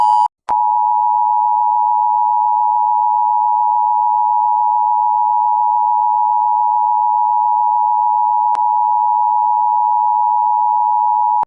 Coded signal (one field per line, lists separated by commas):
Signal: Emergency Alert System (SAME) tones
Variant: 853 and 960 Hz attention tone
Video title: EAS scenerio brightest sun ever